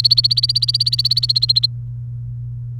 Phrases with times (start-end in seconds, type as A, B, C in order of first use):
0.00-1.66 A